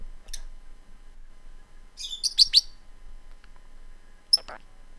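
Lovebird calls: a faint chirp near the start, a brief cluster of shrill, high chirps near the middle, then one more sharp chirp toward the end, over a quiet background.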